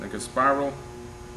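A spiral retaining ring is being wound by hand into the groove that holds the reaction arm on a pneumatic torque multiplier while someone talks over a faint steady hum. The ring has not yet snapped into its slot, so nothing has seated or clicked in this clip.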